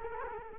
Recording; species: mosquito wingbeat signal from an infrared sensor; Culex quinquefasciatus